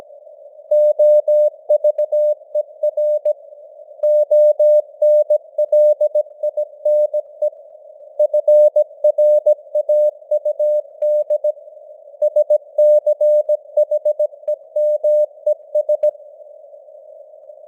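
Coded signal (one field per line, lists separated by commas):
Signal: Morse code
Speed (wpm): 17 wpm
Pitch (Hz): 600 Hz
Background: none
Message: OVER ONLINE FRAUD SCHEMES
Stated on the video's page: Morse news headlines at 17 wpm with simulated radio noise and fading (QSB).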